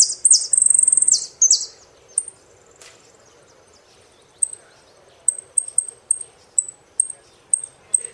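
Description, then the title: Saffron finch opens with a loud rattling phrase and downward sweeps, then a quiet stretch, then a run of short, high chips. "Jilguero Argentino"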